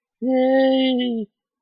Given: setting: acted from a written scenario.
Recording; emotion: vocal sound without words; elation